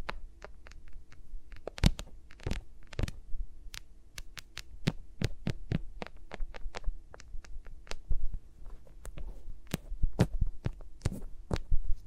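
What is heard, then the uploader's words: Fingers handle the microphones directly, giving sharp, crisp taps and thumps at an uneven pace of roughly two or three per second, bunching up around the second and third seconds and near the end. A low, steady hum runs underneath, and no one speaks. ASMR with Mics Around My Fingers (No Talking).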